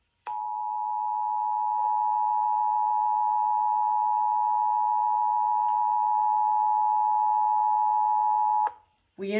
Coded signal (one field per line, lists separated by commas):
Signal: Emergency Alert System (SAME) tones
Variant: 853 and 960 Hz attention tone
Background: speech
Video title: EAS scenario the killer Easter bunny special￼